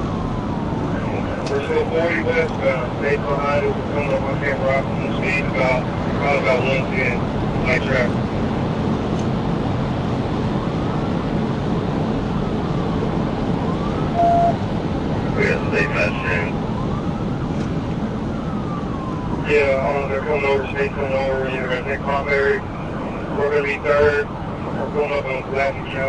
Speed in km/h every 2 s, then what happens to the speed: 184, 187, 195, 203, 206, 208, 208, 203, 188, 172, 156, 153, 151.
0-7 speeds up to 206. 7-13 steady at about 208. 13-26 brakes to 151.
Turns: none.